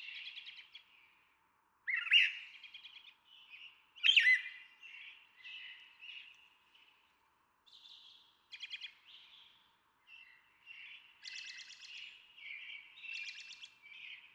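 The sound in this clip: Brown Thrasher song: varied phrases, some buzzy and trilled, a few loud sharp notes, others soft, with pauses between.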